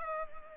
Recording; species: mosquito wingbeat signal from an infrared sensor; Culex pipiens